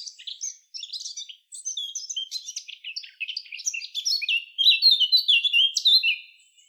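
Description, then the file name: Eurasian blackcap: a busy, scratchy warble that builds steadily in volume into strong, clear fluted phrases before fading out. "Sylvia atricapilla"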